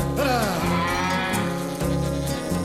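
An ox lets out a long, loud, low moo that swells upward at the start and holds a steady, droning bellow for a couple of seconds, with no voices.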